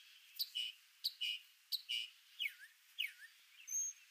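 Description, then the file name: Northern mockingbird song, a two-part whistled phrase repeated three times, then switching to descending slurred notes, with a high squeaky note at the end. "Mimus polyglottos Northern Mockingbird"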